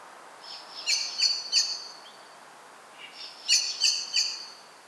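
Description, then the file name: Common blackbird calling in two bursts of three hard, high chink notes, separated by a short pause. "Turdus merula"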